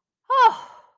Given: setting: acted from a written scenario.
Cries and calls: vocal sound without words; relief

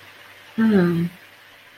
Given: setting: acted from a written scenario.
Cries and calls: vocal sound without words; disappointment

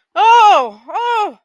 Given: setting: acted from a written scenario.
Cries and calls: vocal sound without words; distress

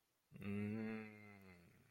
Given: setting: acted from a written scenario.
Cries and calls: vocal sound without words; neutral

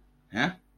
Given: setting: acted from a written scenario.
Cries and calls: vocal sound without words; confusion

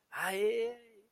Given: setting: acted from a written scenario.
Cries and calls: vocal sound without words; elation

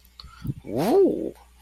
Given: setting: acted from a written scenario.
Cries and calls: vocal sound without words; desire

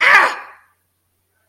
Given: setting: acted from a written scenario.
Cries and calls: vocal sound without words; pain

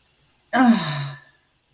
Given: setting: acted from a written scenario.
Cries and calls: vocal sound without words; ecstasy

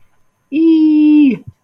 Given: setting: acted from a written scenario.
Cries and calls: vocal sound without words; adoration

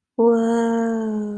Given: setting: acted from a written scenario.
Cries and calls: vocal sound without words; interest

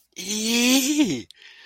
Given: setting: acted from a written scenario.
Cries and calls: vocal sound without words; elation

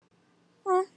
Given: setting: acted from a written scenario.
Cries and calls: vocal sound without words; neutral

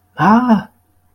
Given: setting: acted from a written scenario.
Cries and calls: vocal sound without words; distress

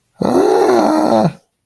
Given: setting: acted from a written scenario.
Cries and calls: vocal sound without words; fear

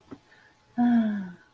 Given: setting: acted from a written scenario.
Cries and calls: vocal sound without words; ecstasy

